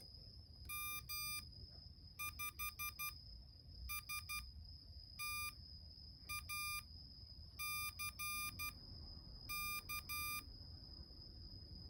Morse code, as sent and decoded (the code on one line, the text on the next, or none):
-- / ..... / ... / - / .- / -.-. / -.-
M 5 S T A C K